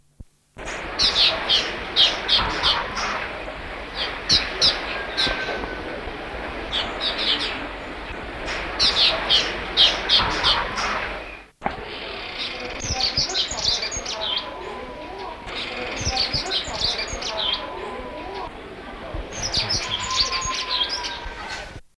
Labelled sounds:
Straw-tailed Whydah call

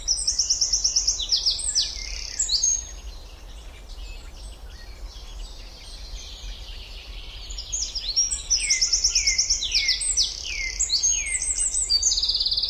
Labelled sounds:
Eurasian Wren song

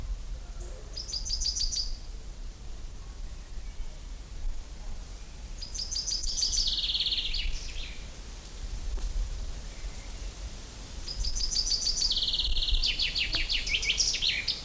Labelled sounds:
Common Chaffinch

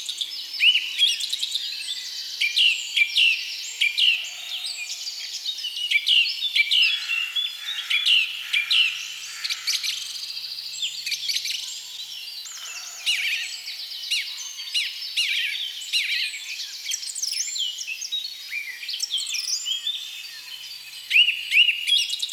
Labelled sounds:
Song Thrush song

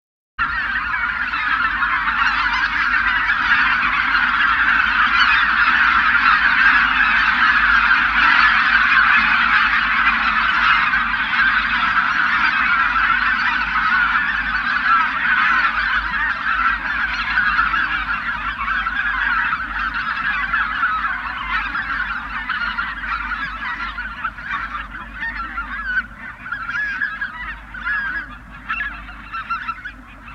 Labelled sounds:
Greater White-fronted Goose call

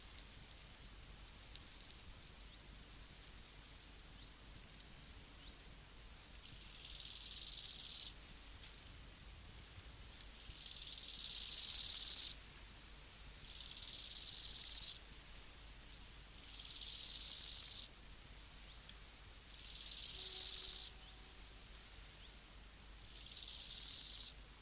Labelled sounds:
Bow-winged Grasshopper stridulation

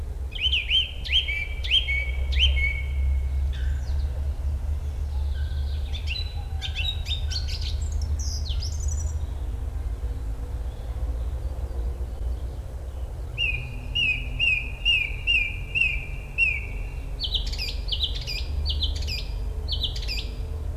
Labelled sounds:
Song Thrush song

